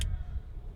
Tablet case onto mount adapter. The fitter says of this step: iPad is lo locked into place now you can go ahead and undo everything and and pretty much get it set up the way you want